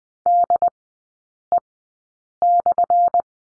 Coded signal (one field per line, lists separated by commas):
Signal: Morse code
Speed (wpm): 20 wpm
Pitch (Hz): 700 Hz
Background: none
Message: DE/